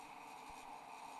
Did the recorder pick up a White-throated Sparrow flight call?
no